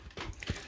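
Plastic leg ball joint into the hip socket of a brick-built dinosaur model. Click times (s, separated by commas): 0.4 s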